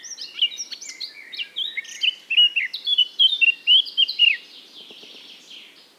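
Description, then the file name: Eurasian blackcap song mixing scratchy twitters with clear fluty whistles in one rapid phrase, fading out after about four seconds into faint background noise. "Sylvia atricapilla"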